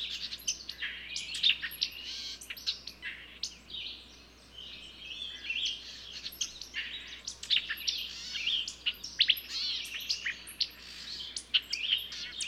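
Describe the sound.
Bird song: a busy stream of high chirps, twitters and brief whistled notes, overlapping almost continuously.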